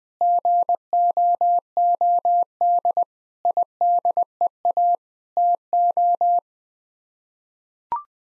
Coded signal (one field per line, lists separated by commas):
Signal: Morse code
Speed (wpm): 20 wpm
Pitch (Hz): 700 Hz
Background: none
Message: GOOD IDEA TO